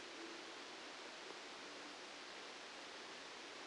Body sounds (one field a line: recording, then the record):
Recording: brain microelectrode recording played as sound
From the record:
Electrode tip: outside the subthalamic nucleus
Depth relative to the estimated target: -10 mm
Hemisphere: left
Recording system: NeuroSet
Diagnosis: Parkinson's disease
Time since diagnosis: 9 years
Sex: male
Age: 56 years